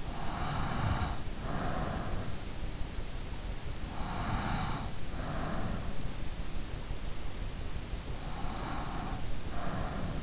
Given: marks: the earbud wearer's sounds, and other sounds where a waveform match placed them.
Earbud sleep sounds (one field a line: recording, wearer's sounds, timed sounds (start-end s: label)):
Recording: sounds in sleep by an in-ear microphone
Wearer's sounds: breath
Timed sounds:
0.00-2.39 s: breath
3.77-5.88 s: breath
8.24-10.23 s: breath